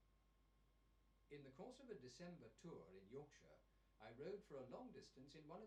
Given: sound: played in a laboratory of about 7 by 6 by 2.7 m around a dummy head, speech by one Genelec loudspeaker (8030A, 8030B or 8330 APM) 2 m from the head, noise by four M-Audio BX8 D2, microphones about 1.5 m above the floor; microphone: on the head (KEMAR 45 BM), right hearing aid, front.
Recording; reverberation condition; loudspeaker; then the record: male speech in English; low; 30 degrees to the left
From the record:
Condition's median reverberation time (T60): about 310 ms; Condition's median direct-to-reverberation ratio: about 3.5 dB